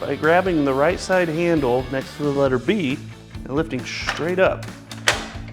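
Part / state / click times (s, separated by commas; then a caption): printer top/right side cover latching open on the printer body / seated / 5.1 s. On a Xerox C315 Color Multifunction Printer, the right side handle next to the letter B is lifted so the plastic top section of the printer swings straight up, while someone talks over music. A sharp click at 5.1 seconds marks the top cover latching open in its raised position on the printer body.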